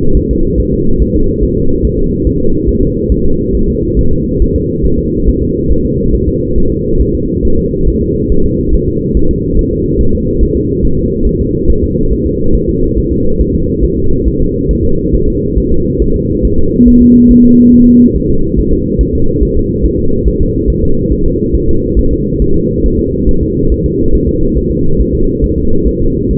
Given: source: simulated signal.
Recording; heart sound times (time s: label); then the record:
fetal heart sounds
0.17 s: S1
0.31 s: S2
0.60 s: S1
0.74 s: S2
1.02 s: S1
1.16 s: S2
1.43 s: S1
1.57 s: S2
1.85 s: S1
1.99 s: S2
2.27 s: S1
2.41 s: S2
2.69 s: S1
2.83 s: S2
3.12 s: S1
3.26 s: S2
3.55 s: S1
3.69 s: S2
3.99 s: S1
4.13 s: S2
4.42 s: S1
4.56 s: S2
4.85 s: S1
4.99 s: S2
5.28 s: S1
5.42 s: S2
5.71 s: S1
5.85 s: S2
6.15 s: S1
6.29 s: S2
6.58 s: S1
6.72 s: S2
7.01 s: S1
7.15 s: S2
7.45 s: S1
7.59 s: S2
7.88 s: S1
8.02 s: S2
8.32 s: S1
8.46 s: S2
8.74 s: S1
8.88 s: S2
9.17 s: S1
9.31 s: S2
9.59 s: S1
9.73 s: S2
10.01 s: S1
10.15 s: S2
10.43 s: S1
10.57 s: S2
10.85 s: S1
10.99 s: S2
11.27 s: S1
11.41 s: S2
11.70 s: S1
11.84 s: S2
12.12 s: S1
12.26 s: S2
12.55 s: S1
12.69 s: S2
12.98 s: S1
13.12 s: S2
13.41 s: S1
13.55 s: S2
13.84 s: S1
13.98 s: S2
14.27 s: S1
14.41 s: S2
14.71 s: S1
14.85 s: S2
15.14 s: S1
15.28 s: S2
15.58 s: S1
15.72 s: S2
16.02 s: S1
16.16 s: S2
16.45 s: S1
16.59 s: S2
16.88 s: S1
17.02 s: S2
17.31 s: S1
17.45 s: S2
17.74 s: S1
17.88 s: S2
18.16 s: S1
18.30 s: S2
18.59 s: S1
18.73 s: S2
19.01 s: S1
19.15 s: S2
19.43 s: S1
19.57 s: S2
19.85 s: S1
19.99 s: S2
20.28 s: S1
20.41 s: S2
20.70 s: S1
20.84 s: S2
21.12 s: S1
21.26 s: S2
21.55 s: S1
21.69 s: S2
21.99 s: S1
22.13 s: S2
22.42 s: S1
22.56 s: S2
22.86 s: S1
23.00 s: S2
23.29 s: S1
23.43 s: S2
23.72 s: S1
23.86 s: S2
24.15 s: S1
24.29 s: S2
24.57 s: S1
24.71 s: S2
25.00 s: S1
25.14 s: S2
25.44 s: S1
25.58 s: S2
25.87 s: S1
26.01 s: S2
26.31 s: S1
From the record:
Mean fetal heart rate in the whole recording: 140 bpm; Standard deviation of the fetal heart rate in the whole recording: 2 bpm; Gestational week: 34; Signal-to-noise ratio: -17.7 dB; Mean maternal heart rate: 72 bpm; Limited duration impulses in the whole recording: present